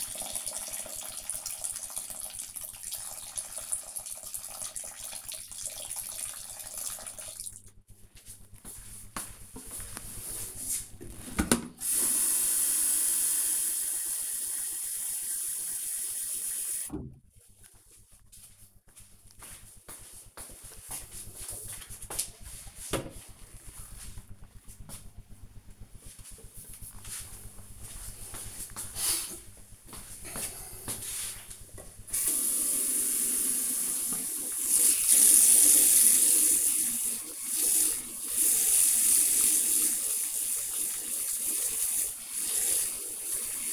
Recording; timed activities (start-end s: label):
household activities, microphone on the right wrist
0.00-21.49 s: watering plant
17.44 s: note: refill
32.55-43.73 s: washing hands